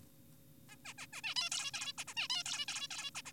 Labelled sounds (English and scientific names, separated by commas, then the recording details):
Zebra Finch (Taeniopygia guttata)
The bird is an adult
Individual g4p5U